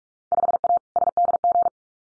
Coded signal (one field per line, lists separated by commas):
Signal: Morse code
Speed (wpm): 46 wpm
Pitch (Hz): 700 Hz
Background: none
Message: 5A SDG